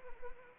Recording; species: mosquito wingbeat signal from an infrared sensor; Anopheles arabiensis